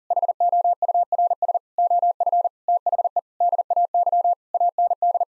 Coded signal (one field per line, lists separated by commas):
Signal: Morse code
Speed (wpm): 37 wpm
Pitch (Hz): 700 Hz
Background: none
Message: HOURS OF THE DAY AND